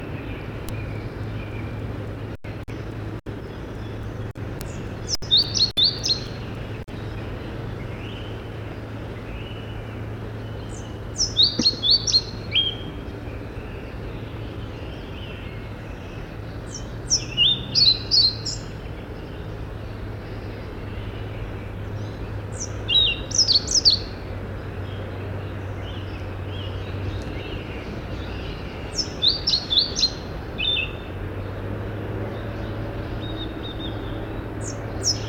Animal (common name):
European Pied Flycatcher